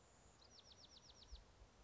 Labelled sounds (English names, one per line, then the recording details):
Bewick's Wren
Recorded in Sonoma County, California